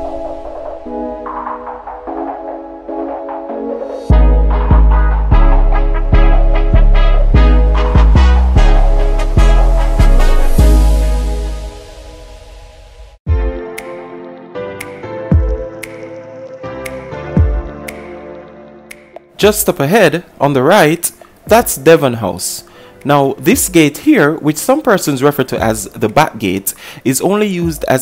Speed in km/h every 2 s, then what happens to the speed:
0, 0, 0, 0, 0, 2, 3, 5, 5, 6, 6, 11, 18, 21.
0-10 standing. 10-20 steady at about 5. 20-25 speeds up to 21.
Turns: none.